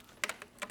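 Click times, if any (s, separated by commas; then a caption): 0.2 s. A flexible hose tube is pushed into its socket on the back of a Bissell Pet Hair Eraser Turbo Lift-Off vacuum body. A sharp plastic click at 0.2 s marks the tube locking into place, followed by softer clicks and knocks around 0.3 s, 0.4 s and 0.7 s. The tube is seated and locked in.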